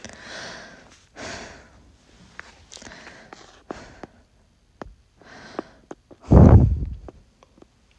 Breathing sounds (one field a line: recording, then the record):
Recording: deep breathing after running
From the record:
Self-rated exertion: moderate exertion (3 of 6)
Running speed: 6 miles an hour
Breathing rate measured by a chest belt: 26 breaths a minute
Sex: female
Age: 18 years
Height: 167 cm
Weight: 50 kg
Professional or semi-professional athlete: no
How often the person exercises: 1 to 2 times a week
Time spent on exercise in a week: 1 to 2 hours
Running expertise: no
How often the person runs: 1 to 2 times a week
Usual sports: running, walking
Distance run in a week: 1 to 2 km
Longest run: 6 km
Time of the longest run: 34 minutes